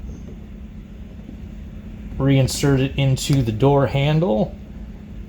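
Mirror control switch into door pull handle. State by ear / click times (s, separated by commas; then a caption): not seated / none. On a BMW Z3, the mirror control switch is gently lined up, after its plug has been reconnected, before it is reinserted into the door pull handle. Someone talks from about 2.2 to 4.5 seconds over a low steady rumble. The switch has not yet seated or clicked into the handle.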